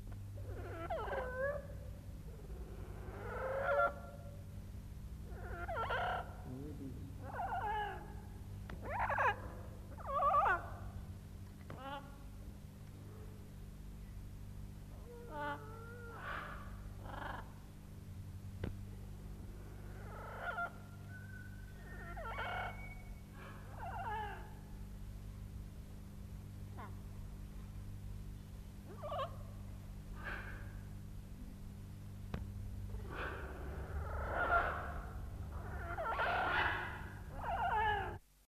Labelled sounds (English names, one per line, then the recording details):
Yellow-crowned Amazon call
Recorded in captivity
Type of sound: call
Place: Tierpark Hagenbeck, Hamburg, DE
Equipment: Halbspur, 9,5 cm/s
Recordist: Lütgens, Hans
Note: Rufe